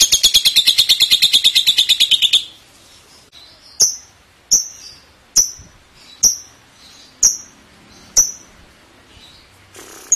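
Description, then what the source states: Lovebird giving a fast, buzzy stuttering chatter for about two seconds, then a series of sharp, high chirps spaced roughly one second apart. Song style locally called konslet.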